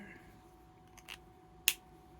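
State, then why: Seated. While coloring, a plastic cap is pushed back onto an Ohuhu alcohol marker. A faint tick at about 1.1 s comes before the cap snaps home with a sharp, loud click at 1.7 s, over a quiet background with a steady low hum. The cap is seated and clicked shut.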